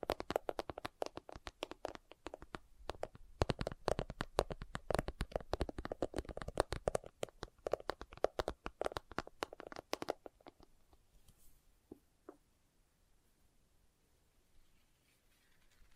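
Fingers tap and scratch on leather in quick, irregular bursts of dry, crisp clicks, dense and busy for the first ten seconds. After that the sound thins out to a few scattered taps around twelve seconds, then near silence with only faint soft rustling.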